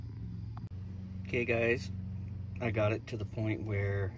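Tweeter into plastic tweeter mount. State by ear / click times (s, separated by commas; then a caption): not seated / none. An aftermarket tweeter is handled near a filed-down plastic A-pillar tweeter mount in a 2008-2013 Silverado/Sierra while someone talks over a low steady hum. A brief faint tick sounds at 0.6 s, but nothing has seated or clicked yet; the clip ends just before the tweeter snaps into the mount.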